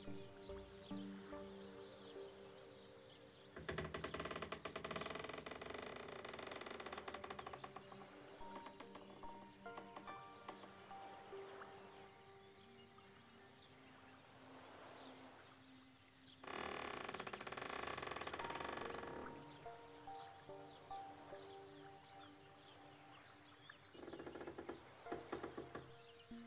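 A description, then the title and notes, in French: Nature sounds beside a Canadian lake, with a steady low hum and loud rushing bursts near 4, 16 and 24 seconds. Au bord d'un lac Canadien bercé par les sons de la nature.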